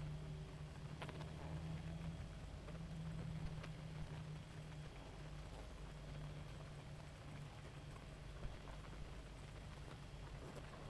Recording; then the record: honeybee colony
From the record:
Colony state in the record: active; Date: 28 July 2017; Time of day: 0:28